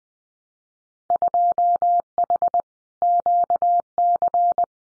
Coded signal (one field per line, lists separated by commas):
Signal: Morse code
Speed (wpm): 20 wpm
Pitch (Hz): 700 Hz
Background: none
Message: 2H QC